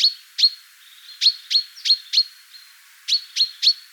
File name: Fringilla coelebs